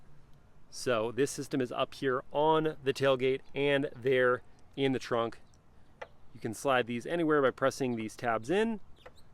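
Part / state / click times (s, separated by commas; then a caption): tie-down anchor in a cargo-area rail track / not seated / none. Someone talks while handling a sliding tie-down anchor on the cargo-area rail of a Jeep Wrangler Rubicon 392; the anchor is released by pressing its tabs in so it can slide along the rail. A brief handling knock is heard near 6.0 s, but nothing has seated or clicked yet.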